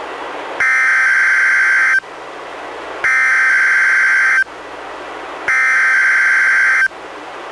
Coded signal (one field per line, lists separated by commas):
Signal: Emergency Alert System (SAME) tones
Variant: header bursts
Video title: EAS #66: NWR Required Weekly Test- July 29, 2015- 11:01AM PDT